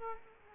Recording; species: mosquito wingbeat signal from an infrared sensor; Aedes aegypti